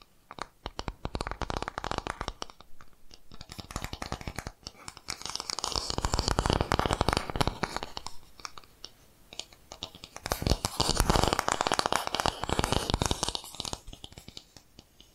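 Quick dense tapping and scratchy brushing strokes come in waves, swelling loudest around six to eight seconds and again from ten to thirteen.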